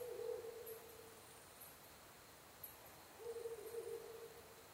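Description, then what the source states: Ural Owl hoots: two long, level, low hoots separated by a pause of about two seconds, with faint high ticks over steady background hiss. Recorded 23 October 2011 at 17:20.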